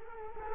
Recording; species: mosquito wingbeat signal from an infrared sensor; Culex quinquefasciatus